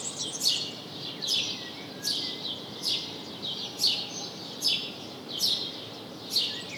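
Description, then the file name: House sparrow chirps, harsh and abrupt, spaced out at a bit more than one per second in a short run. "Passer domesticus"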